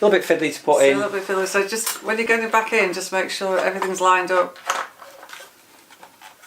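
A removable part is fiddled with and lined up in the floor head of a Kalado KCV01 cordless stick vacuum, a fiddly fit. Someone talks for most of the clip, then brief soft handling knocks come near 5.0 and 6.0 seconds as the part is lined up. Nothing has seated or clicked in yet.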